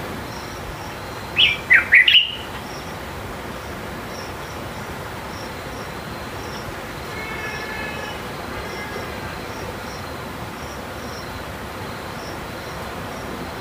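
Morning on the Zambezi River: a steady hiss of insects with faint repeated chirps, and a short burst of bright bird calls near two seconds.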